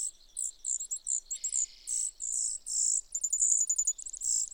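Brewer's sparrow giving short high chips, then a dry low buzz, slurred buzzy notes, and finally a fast, bright, even trill.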